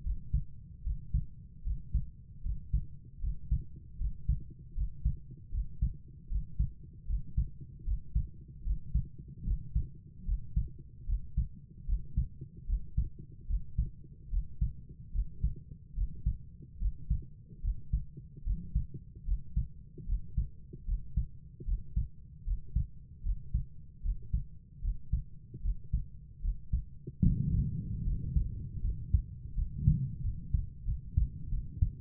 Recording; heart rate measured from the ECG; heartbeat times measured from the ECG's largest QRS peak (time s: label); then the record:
heart sounds by stethoscope; 76 bpm
0.03 s: heartbeat
0.84 s: heartbeat
1.64 s: heartbeat
2.43 s: heartbeat
3.21 s: heartbeat
3.98 s: heartbeat
4.75 s: heartbeat
5.51 s: heartbeat
6.29 s: heartbeat
7.07 s: heartbeat
7.85 s: heartbeat
8.64 s: heartbeat
9.45 s: heartbeat
10.25 s: heartbeat
11.06 s: heartbeat
11.86 s: heartbeat
12.66 s: heartbeat
13.47 s: heartbeat
14.30 s: heartbeat
15.12 s: heartbeat
15.95 s: heartbeat
16.79 s: heartbeat
17.61 s: heartbeat
18.44 s: heartbeat
19.25 s: heartbeat
20.06 s: heartbeat
20.85 s: heartbeat
21.65 s: heartbeat
22.44 s: heartbeat
23.23 s: heartbeat
24.02 s: heartbeat
24.81 s: heartbeat
25.62 s: heartbeat
26.42 s: heartbeat
27.22 s: heartbeat
28.04 s: heartbeat
28.82 s: heartbeat
29.55 s: heartbeat
30.22 s: heartbeat
30.85 s: heartbeat
31.50 s: heartbeat
From the record:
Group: healthy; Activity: breath hold 0-29 s, rest 29-32 s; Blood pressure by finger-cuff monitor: 115/69 mmHg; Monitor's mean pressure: 81 mmHg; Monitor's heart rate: 75 bpm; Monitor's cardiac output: 6.3 L/min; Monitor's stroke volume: 82 mL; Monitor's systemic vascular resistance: 930 dyn s/cm5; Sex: female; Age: 22 years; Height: 160 cm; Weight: 63 kg